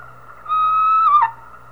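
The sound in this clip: Whale whistle, a steady tonal note held for about three-quarters of a second, then bending downward abruptly at the end, over a low constant hum.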